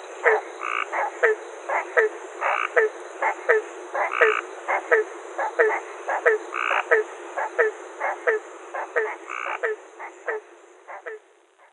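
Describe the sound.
Barking tree frog calling, short hollow barks repeated in a steady series, with a faint steady high hiss behind.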